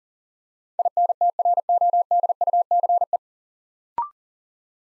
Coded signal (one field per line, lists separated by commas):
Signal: Morse code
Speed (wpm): 42 wpm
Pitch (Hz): 700 Hz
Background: none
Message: INTRODUCE